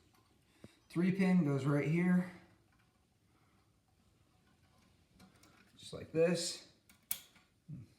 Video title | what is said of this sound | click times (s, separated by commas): Paramount HCA-120XA Troubleshooting Disassembly and Reassembly | You'll hear it click in. | 7.1 s